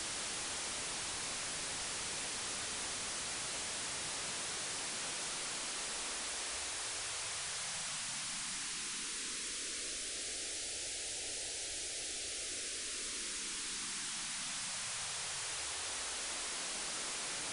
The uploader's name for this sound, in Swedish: Vitt ljud